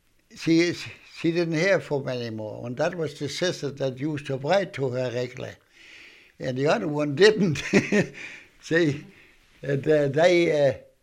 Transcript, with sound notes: she is, she didn't hear from any more, and that was the sister that used to write to her, and the other one didn't. ( he laughs ) See? They